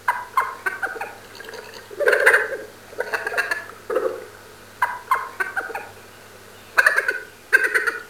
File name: Blaireau Querelles